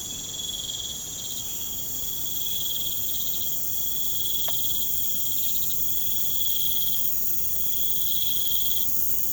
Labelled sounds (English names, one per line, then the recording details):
none
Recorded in pastures near Puerto Asís, Putumayo, Colombia, on 23 June 2025 at 02:00
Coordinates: 0.472, -76.331
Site G095